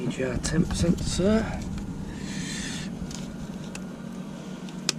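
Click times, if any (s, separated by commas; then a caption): 4.9 s. Someone talks, then a plastic wiring connector is fumbled onto the engine temperature sensor of a DAF truck, with a few small contact sounds over a steady background hum. It goes on with a loud, sharp snap at 4.9 s, and the connector is seated.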